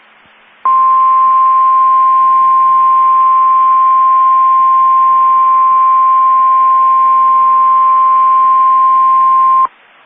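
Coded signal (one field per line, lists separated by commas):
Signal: Emergency Alert System (SAME) tones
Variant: 1050 Hz attention tone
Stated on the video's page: Severe thunderstorm watch and warning received from the Amarillo, Texas weather radio transmitter.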